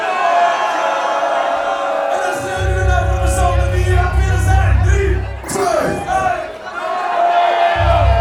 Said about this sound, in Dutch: Dus kijk naar links, kijk naar rechts. We tellen af. 3, 2, 1. Dan schreeuw je de naam. Luid, hè? Van de persoon met wie je hier vandaag gekomen bent. 3, 2, 1.